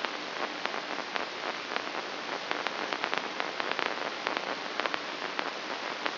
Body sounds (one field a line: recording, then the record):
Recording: brain microelectrode recording played as sound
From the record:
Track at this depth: inside the subthalamic nucleus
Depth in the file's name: 5.263 mm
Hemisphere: left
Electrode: 3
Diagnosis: Parkinson's disease